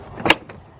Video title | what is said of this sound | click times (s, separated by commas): Hyundai Santa Fe Left Axle Shaft Replacement 2001-2004 Manual Transmission | You heard that? Snap right into place. | 0.3 s